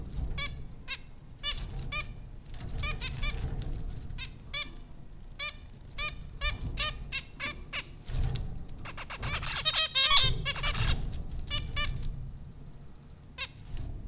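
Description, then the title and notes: Zebra finch calls, repeated short nasal beeps throughout, with a dense buzzy cluster later on, over low rumbling background noise. Four zebra finches at Popcorn School, Flatbush, Brooklyn, New York, April 15, 2009. "Dronecast: The Popcorn Finches Four from Apr 15, 2009. Zebra finches recorded by Dan Bodah at Popcorn School, Flatbush, Brooklyn NY in April 2009"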